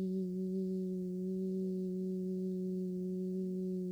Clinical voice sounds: sustained vowel /i/; female; 50 to 59 years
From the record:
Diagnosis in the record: healthy control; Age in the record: 53 years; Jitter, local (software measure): 0.46%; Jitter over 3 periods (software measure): 0.27%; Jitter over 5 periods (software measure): 0.30%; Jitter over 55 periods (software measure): 0.56%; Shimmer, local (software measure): 2.3%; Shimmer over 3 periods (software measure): 1.1%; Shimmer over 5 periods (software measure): 1.5%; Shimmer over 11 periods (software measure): 2.0%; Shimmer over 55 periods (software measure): 5.3%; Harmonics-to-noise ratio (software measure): 22.6 dB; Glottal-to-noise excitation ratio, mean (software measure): 0.86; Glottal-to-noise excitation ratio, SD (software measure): 0.030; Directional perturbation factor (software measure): 80.3%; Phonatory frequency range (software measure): 0.14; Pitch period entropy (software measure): 1.85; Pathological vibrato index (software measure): 0.24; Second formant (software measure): 2921 Hz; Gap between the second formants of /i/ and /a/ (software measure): 1231 Hz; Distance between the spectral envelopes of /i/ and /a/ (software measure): 7.6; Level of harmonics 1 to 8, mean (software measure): -2.5, -6.8, -27.6, -57.6, -68.5, -66.7, -69.5, -68.1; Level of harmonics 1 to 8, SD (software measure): 0.8, 1.0, 1.1, 5.0, 5.2, 4.7, 5.2, 5.0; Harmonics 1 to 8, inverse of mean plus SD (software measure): 0.304, 0.127, 0.035, 0.016, 0.014, 0.014, 0.013, 0.014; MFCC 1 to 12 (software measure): 8.5, 16.6, -6.0, -13.6, -18.1, -9.3, -7.1, -5.4, -8.2, -8.7, -7.7, -5.8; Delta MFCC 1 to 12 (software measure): 0.009, 0.004, 0.001, -0.018, -0.001, 0.002, -0.004, 0.002, 0.004, -0.007, 0.005, 0.003

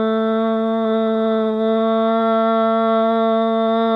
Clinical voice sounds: sustained vowel /a/; female; 60 to 69 years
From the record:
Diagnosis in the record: healthy control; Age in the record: 60 years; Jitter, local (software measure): 0.12%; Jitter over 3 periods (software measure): 0.08%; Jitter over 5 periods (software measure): 0.10%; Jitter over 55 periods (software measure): 0.29%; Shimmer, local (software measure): 1.1%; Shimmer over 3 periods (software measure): 0.6%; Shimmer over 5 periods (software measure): 0.6%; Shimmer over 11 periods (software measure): 0.9%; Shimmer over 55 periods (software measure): 3.1%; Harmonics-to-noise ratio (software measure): 17.6 dB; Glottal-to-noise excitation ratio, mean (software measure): 0.93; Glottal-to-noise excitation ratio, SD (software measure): 0.026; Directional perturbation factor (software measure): 37.5%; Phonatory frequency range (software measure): 0.06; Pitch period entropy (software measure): 0.12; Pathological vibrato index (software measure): 0.20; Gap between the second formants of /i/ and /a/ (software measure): 1960 Hz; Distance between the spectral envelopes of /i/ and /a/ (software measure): 11.3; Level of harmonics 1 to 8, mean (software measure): -3.9, -5.6, -3.9, -19.5, -15.0, -13.9, -25.6, -29.1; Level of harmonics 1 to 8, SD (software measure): 0.5, 1.4, 2.5, 3.2, 4.3, 3.8, 2.8, 3.5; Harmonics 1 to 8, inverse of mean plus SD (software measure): 0.227, 0.143, 0.156, 0.044, 0.052, 0.057, 0.035, 0.031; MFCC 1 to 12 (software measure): -0.9, -11.1, -13.6, 0.0, -21.3, 4.7, -12.5, -3.0, -20.4, -11.3, -1.2, -7.3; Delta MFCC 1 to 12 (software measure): -0.004, -0.003, -0.011, 0.005, 0.013, 0.013, -0.012, 0.003, 0.001, -0.005, 0.013, 0.018

